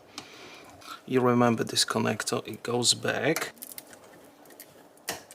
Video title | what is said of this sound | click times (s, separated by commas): The 1979 Cassette Deck That Outperforms Modern Audio (Yamaha K-1a) | Yeah, that's nice click. | 5.1 s